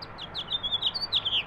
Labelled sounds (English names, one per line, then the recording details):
House Finch song
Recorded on Long Island, New York, on 18 April 2012
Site GC
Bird A